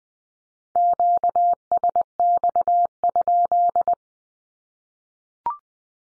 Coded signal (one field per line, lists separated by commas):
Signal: Morse code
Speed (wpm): 20 wpm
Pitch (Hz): 700 Hz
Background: none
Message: QSX?